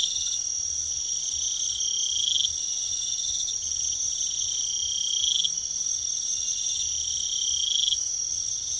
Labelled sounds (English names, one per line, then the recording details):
none
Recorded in pastures near Puerto Asís, Putumayo, Colombia, on 9 March 2025 at 04:00
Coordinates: 0.497, -76.327
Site G072